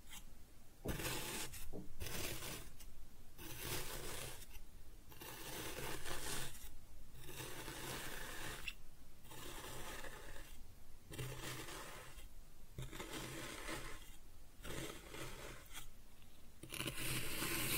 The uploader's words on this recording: ASMR Kinetic Sand Cutting and Scooping Sounds (No Talking).